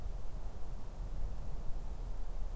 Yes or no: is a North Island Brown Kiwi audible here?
no